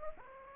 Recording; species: mosquito wingbeat signal from an infrared sensor; Anopheles gambiae